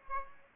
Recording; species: mosquito wingbeat signal from an infrared sensor; Aedes aegypti